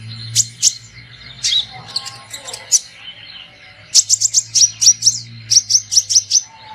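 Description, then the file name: Sunbird calls: sharp high chirps given singly, then in evenly spaced runs of five or six notes, with a low hum in places. Lure sound used to attract birds. "suara burung kolibri pikat"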